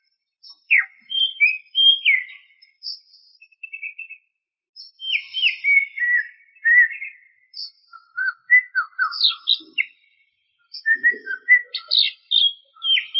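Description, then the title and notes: Greater green leafbird singing a rich, varied medley of slurred whistles, chirps and trills in irregular bursts, with short silent gaps between phrases. Described as a champion songbird; chirping song. "Kicau Burung Cucak Ijo Juara. Suara kicauan burung cucak ijo"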